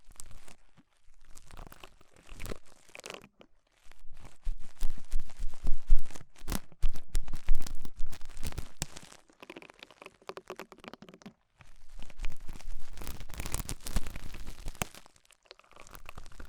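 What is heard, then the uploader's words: Ear cleaning sounds with rhinestone and clay removal: dense bursts of crackling, crinkling and tearing textures, some scratchy and bright, others duller. Busy stretches alternate with short pauses near 3.5, 9.5 and 11.5 seconds, and a faint voice occasionally murmurs underneath. Tingly Ear Cleaning Rhinestone & Clay Removal.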